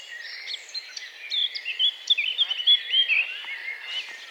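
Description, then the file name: Eurasian blackcap singing a fast, jumbled warble of bright, clear whistled notes over a constant high background hiss, the phrase peaking midway before fading. "Sylvia atricapilla"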